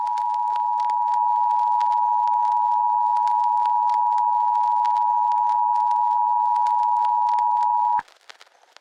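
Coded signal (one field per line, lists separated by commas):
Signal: Emergency Alert System (SAME) tones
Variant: 853 and 960 Hz attention tone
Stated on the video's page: A fictional EAS scenario (Halloween special).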